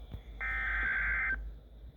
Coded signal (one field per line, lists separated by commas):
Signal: Emergency Alert System (SAME) tones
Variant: header bursts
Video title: EAS #16 Severe Thunderstorm Warning Issued on WXM51 | May 31st, 2024